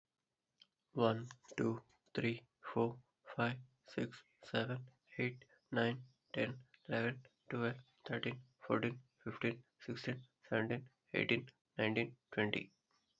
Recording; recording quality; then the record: counting at a normal pace; excellent, no background noise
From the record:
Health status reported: healthy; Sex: male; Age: 25 years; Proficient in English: yes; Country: India